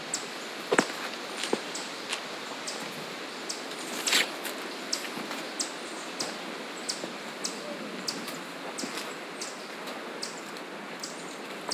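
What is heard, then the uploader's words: Birds call and insects buzz over a steady, dense hiss of outdoor sound. Short bright chirps and clicks pop up every second or so, with sharper bursts near the start and around four seconds, while a soft low rumble runs underneath throughout. A variety of bird calls and insects. This session was recorded with the Zoom F3 and DPA Binaural headset.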